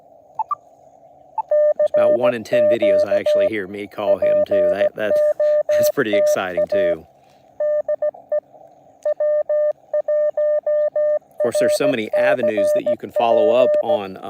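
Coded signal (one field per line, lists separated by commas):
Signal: Morse code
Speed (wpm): 16 wpm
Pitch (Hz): 590 Hz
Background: speech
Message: CQ POTA DE W1RCP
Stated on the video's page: Parks on the Air activation from Joe Budd WMA in Florida.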